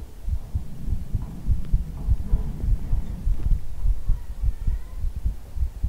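An adult heartbeat heard close up while the listener's head is being hugged, at about 100 beats per minute.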